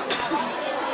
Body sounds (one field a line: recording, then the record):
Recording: coughing mixed with background sound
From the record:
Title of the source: November cold (wet coughing)